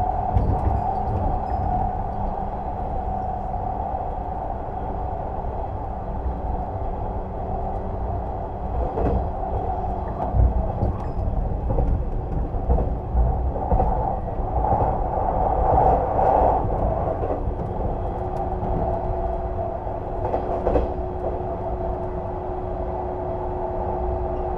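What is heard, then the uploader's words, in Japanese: Inside a limited express train in motion: a steady low rumble with a constant droning whine running underneath throughout. Occasional soft knocks and rattles from the rails come through around 9, 12, 16 and 21 seconds, with the overall loudness holding even. 特急あかぎ5号の車内音（185系）。上野駅出発後に最前部で集音。2013年5月に録音。特急「あかぎ」の車内音。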